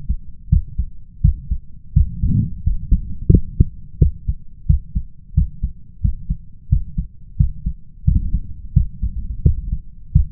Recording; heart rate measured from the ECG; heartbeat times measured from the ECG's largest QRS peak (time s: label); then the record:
heart sounds by stethoscope; 87 bpm
0.48 s: heartbeat
1.20 s: heartbeat
1.92 s: heartbeat
2.63 s: heartbeat
3.29 s: heartbeat
3.98 s: heartbeat
4.65 s: heartbeat
5.33 s: heartbeat
6.00 s: heartbeat
6.68 s: heartbeat
7.36 s: heartbeat
8.04 s: heartbeat
8.72 s: heartbeat
9.41 s: heartbeat
10.11 s: heartbeat
From the record:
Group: healthy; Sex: male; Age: 21 years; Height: 180 cm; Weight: 67.5 kg